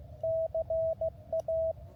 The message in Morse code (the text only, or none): CA